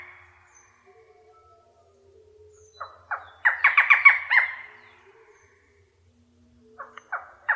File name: suara barredforest